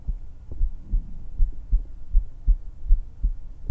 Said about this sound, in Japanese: ぎゅー、いっぱい癒されてね。どう？ドキドキ聞こえるかな？